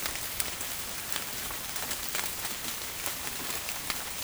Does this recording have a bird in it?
no